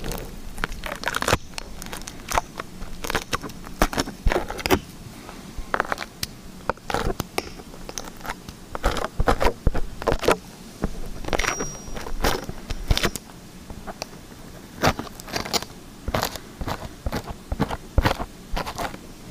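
Liquid slime being squished and worked, giving a steady run of wet clicks, pops and crackles that come several times a second across the whole stretch. The pops are sharp and bright, with a soft low hum running underneath throughout.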